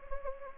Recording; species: mosquito wingbeat signal from an infrared sensor; Anopheles gambiae